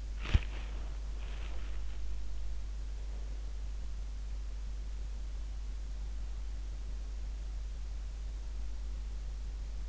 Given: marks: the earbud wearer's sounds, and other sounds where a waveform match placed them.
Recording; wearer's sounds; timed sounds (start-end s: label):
sounds in sleep by an in-ear microphone; body movement, breath
0.00-1.78 s: body movement
2.46-3.81 s: breath